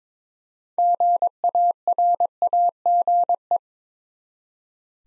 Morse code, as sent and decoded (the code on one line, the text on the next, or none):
--. .- .-. .- --. .
GARAGE